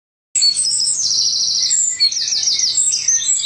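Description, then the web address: Bird calls: high thin chirps and a run of rapid repeated slurred whistles, several notes overlapping, steady throughout after a brief silent start. Recorded as a dataset for an automatic bird pest repeller. "Chika Pengusir-Hama-Burung-Otomatis. bird Recording 19"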